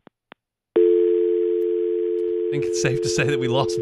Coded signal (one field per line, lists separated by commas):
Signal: telephone call progress tone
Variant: North America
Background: speech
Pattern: dial tone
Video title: LSU Football Recruiting Update | Les Miles Suing LSU | CWS Check-In | Hunt Palmer Show